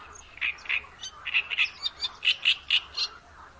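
Bird calls: quick, harsh, chirping notes repeated about four per second over a soft low hum.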